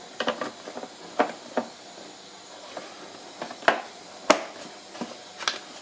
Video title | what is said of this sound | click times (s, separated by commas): Mon DYSON DC 19 ne fonctionne plus | clic, normalement ça va pas se barrer, ouais, c'est bon. | 4.3 s